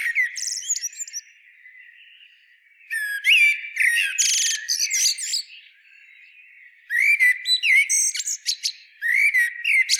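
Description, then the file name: Common blackbird song phrases, each a mellow warble with scratchy, high-pitched twittering flourishes, broken by brief pauses. "Turdus merula"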